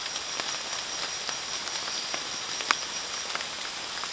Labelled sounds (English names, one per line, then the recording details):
none
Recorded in dense forest near Puerto Asís, Putumayo, Colombia, on 19 June 2025 at 16:30
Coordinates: 0.466, -76.327
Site GP04